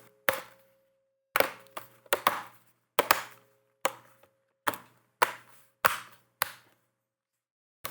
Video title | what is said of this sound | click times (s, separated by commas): HP Fortis 14 G11 Battery Repair – Step-by-Step Disassembly & Replacement | All the clicks mean each prong is in place. | 0.3 s, 2.3 s, 3.1 s, 5.2 s, 5.9 s